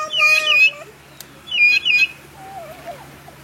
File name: canto da pintada vulturina